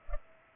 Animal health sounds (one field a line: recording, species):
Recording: mosquito wingbeat signal from an infrared sensor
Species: Culex pipiens